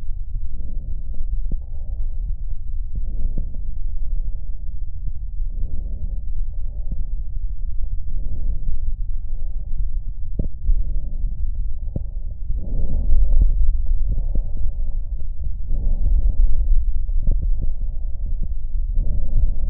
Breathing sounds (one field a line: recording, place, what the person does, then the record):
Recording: lung sounds by stethoscope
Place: right anterior apical chest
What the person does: quiet breathing, then deep breathing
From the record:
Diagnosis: interstitial lung disease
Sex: female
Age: 74 years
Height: 150 cm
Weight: 69.8 kg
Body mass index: 31.0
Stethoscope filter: extended mode